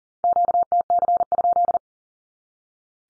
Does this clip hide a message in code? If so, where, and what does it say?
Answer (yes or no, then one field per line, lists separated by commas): yes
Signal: Morse code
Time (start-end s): 0.2-1.8 s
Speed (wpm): 40 wpm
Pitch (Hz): 700 Hz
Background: none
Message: QTC?